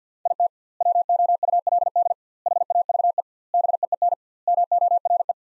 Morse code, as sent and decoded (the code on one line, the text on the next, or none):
.. - / .-- --- ..- .-.. -.. / .... .- ...- . / -... . . -. / -- --- .-. .
IT WOULD HAVE BEEN MORE